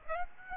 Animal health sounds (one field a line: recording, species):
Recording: mosquito wingbeat signal from an infrared sensor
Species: Aedes aegypti